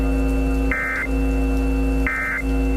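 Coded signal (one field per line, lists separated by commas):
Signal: Emergency Alert System (SAME) tones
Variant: end-of-message bursts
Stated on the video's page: Fictional tornado EAS short; the tones are not meant for over-the-air use.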